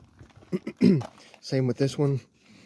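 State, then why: Not seated. The second folding arm latch on a hitch-mounted Swagman Chinook bike rack is being handled while someone talks, with a few faint soft ticks early on. The arm has not locked into place yet, and nothing has seated or clicked.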